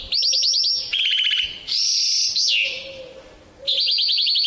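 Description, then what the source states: Bimaculated lark song with quick repeated trilled phrases, a lower rattle and a sliding whistle, pausing briefly before another trill. Russia.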